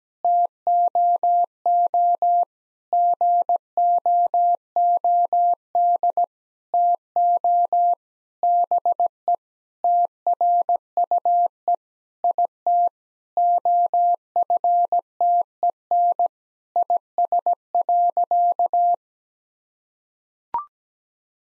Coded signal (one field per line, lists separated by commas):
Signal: Morse code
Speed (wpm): 17 wpm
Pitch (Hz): 700 Hz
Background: none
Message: TOO GOOD TO BE TRUE IT OFTEN IS.